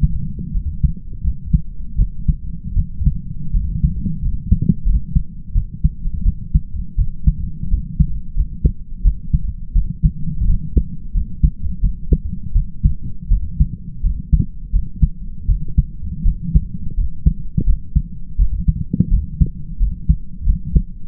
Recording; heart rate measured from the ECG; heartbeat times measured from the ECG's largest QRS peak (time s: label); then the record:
heart sounds by stethoscope; 84 bpm
0.52 s: heartbeat
1.22 s: heartbeat
1.96 s: heartbeat
2.74 s: heartbeat
3.52 s: heartbeat
4.20 s: heartbeat
4.84 s: heartbeat
5.53 s: heartbeat
6.23 s: heartbeat
6.96 s: heartbeat
7.69 s: heartbeat
8.34 s: heartbeat
9.02 s: heartbeat
9.73 s: heartbeat
10.45 s: heartbeat
11.12 s: heartbeat
11.80 s: heartbeat
12.53 s: heartbeat
13.28 s: heartbeat
14.01 s: heartbeat
14.71 s: heartbeat
15.46 s: heartbeat
16.23 s: heartbeat
16.95 s: heartbeat
17.65 s: heartbeat
18.37 s: heartbeat
19.09 s: heartbeat
19.78 s: heartbeat
20.44 s: heartbeat
From the record:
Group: healthy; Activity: light exercise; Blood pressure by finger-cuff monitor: 113/59 mmHg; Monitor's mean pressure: 72 mmHg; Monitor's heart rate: 85 bpm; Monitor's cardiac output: 6.5 L/min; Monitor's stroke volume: 78 mL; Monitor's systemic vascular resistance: 800 dyn s/cm5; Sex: male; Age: 20 years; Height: 167 cm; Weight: 61 kg